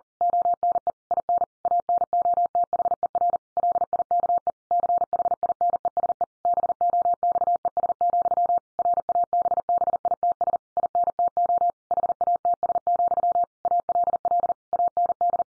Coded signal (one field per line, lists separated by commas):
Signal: Morse code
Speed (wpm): 40 wpm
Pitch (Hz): 700 Hz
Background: none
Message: ONE IN ANOTHER LIKE CHINESE BOXES, RABBITS INTO HATS, ALL AND